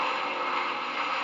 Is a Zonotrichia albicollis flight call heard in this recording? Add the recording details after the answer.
no. No flight call is heard. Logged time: 22:57 on 31 October 2014